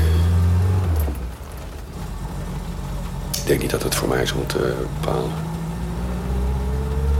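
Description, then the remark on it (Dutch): A classic convertible car's engine hums steadily with a low, continuous drone while driving, briefly rising in a rev, as a person speaks over it. “Maar toen ik helemaal aan gewend was, het rijdt echt fantastisch. Het stuurt super.”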